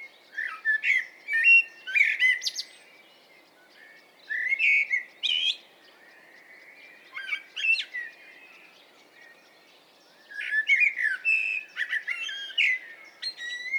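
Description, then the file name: Eurasian blackbird delivering several short warbled phrases, each rich and fluting, then breaking into high squeaky notes. Quiet gaps separate the phrases, and a soft background hiss is present. "Turdus merula"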